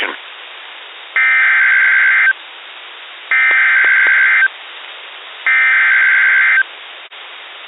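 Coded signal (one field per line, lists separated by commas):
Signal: Emergency Alert System (SAME) tones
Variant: header bursts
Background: speech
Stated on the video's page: Real severe weather alerts received via SDR off a 500 W weather transmitter on West Peak, Meriden, Connecticut, 35.4 miles away.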